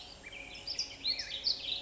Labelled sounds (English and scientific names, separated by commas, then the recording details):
Black-headed Grosbeak (Pheucticus melanocephalus)
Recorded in Sonoma County, California